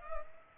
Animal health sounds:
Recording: mosquito wingbeat signal from an infrared sensor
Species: Culex pipiens

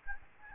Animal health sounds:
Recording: mosquito wingbeat signal from an infrared sensor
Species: Aedes albopictus

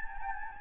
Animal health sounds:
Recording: mosquito wingbeat signal from an infrared sensor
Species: Anopheles gambiae

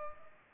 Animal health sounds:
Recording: mosquito wingbeat signal from an infrared sensor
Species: Culex pipiens

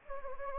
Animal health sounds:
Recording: mosquito wingbeat signal from an infrared sensor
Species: Anopheles gambiae

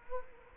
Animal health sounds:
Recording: mosquito wingbeat signal from an infrared sensor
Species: Culex quinquefasciatus

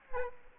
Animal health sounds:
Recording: mosquito wingbeat signal from an infrared sensor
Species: Aedes aegypti

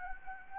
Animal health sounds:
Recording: mosquito wingbeat signal from an infrared sensor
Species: Anopheles gambiae

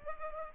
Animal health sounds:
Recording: mosquito wingbeat signal from an infrared sensor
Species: Culex pipiens

